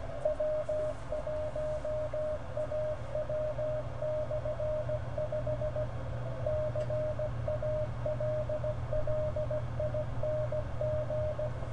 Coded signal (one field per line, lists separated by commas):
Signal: Morse code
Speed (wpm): 16 wpm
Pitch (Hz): 610 Hz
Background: radio noise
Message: W1AW/5 CALLING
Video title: ARRL November 2014 Frequency Measurement Test with SDR